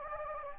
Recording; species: mosquito wingbeat signal from an infrared sensor; Anopheles gambiae